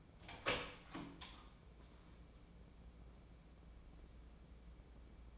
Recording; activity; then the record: daily activity, microphone in the room; open door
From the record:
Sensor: 1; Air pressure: 1012.4 hPa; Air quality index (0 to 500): 161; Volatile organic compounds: 3 ppm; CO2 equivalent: 1321 ppm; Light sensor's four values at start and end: 837/1719/836/919 and 825/1693/824/904